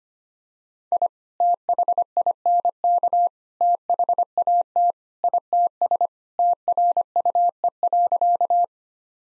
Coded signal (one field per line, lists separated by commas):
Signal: Morse code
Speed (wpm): 25 wpm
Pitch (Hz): 700 Hz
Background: none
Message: I THINK THAT ITS TRUE.